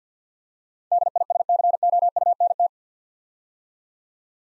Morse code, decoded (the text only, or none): DISCOUNT